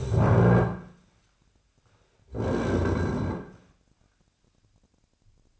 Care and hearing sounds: daily activity, microphone in the room; stand up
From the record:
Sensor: 2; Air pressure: 1009.1 hPa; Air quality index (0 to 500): 172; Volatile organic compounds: 2 ppm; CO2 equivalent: 1256 ppm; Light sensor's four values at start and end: 32/85/36/38 and 32/86/36/38

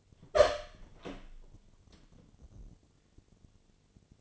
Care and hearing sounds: daily activity, microphone in the room; open door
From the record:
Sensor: 4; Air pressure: 1008.2 hPa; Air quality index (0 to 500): 181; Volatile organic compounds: 5 ppm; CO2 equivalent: 1814 ppm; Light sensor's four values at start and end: 25/79/30/29 and 23/73/28/27

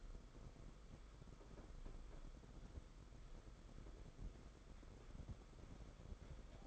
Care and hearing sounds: daily activity, microphone in the room; walk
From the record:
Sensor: 5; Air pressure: 990.9 hPa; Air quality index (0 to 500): 150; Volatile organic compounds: 158 ppm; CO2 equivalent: 4058 ppm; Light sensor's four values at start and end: 39/123/47/50 and 39/122/47/50

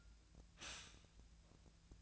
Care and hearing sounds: daily activity, microphone in the room; stop toaster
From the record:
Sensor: 2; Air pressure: 1009.2 hPa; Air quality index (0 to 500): 186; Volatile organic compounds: 11 ppm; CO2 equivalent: 2305 ppm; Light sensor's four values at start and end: 17/44/18/19 and 17/44/18/19

